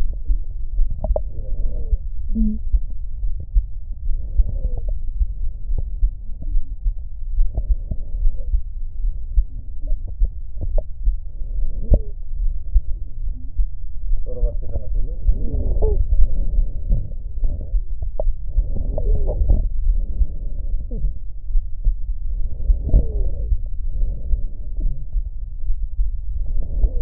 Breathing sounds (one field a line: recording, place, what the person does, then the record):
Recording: lung sounds by stethoscope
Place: right posterior basal chest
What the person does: quiet breathing, then deep breathing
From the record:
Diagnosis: asthma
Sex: female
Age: 56 years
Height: 161 cm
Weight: 85 kg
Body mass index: 32.8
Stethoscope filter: extended mode